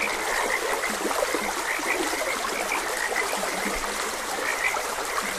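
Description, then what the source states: Frogs call with clipped high chirps and a few low throaty croaks, spaced irregularly, over the constant sound of trickling water. Frogs croaking beside a gentle stream.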